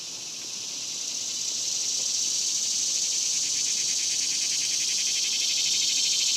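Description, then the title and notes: Cicadas start quieter, then swell into a strong, high, rapidly throbbing buzz that holds to the end. Daytime, outdoors in a cemetery, summer. "Ext, Daytime Cicadas, Cemetery, Summer by Bandeto"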